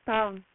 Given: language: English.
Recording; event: throat vibration sensor signal played as sound; speech